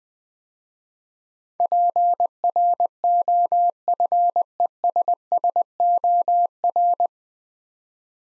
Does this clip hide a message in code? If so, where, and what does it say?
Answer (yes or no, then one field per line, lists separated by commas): yes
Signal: Morse code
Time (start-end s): 1.6-7.1 s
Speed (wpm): 20 wpm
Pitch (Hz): 700 Hz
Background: none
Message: PROFESSOR